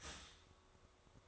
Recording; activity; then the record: daily activity, microphone in the room; start toaster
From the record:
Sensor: 3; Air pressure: 1004.2 hPa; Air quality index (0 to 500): 201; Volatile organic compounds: 15 ppm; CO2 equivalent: 2512 ppm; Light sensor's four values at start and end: 4/11/4/4 and 4/11/4/4